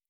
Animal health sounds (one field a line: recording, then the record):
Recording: hydrophone in a shrimp aquaculture tank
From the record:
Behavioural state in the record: normal